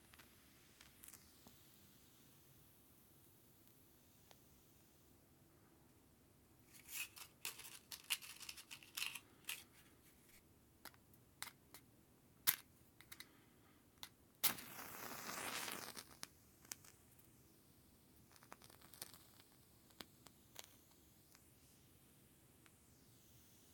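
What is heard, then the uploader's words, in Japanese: A match is handled and struck: scattered scratchy clicks, then a bright rasping flare near fifteen seconds, and faint crackles after. マッチを擦る音（Binaural）- The sound of strike a match。一箱のマッチを擦りました。小さな火がつく音がとても良いです。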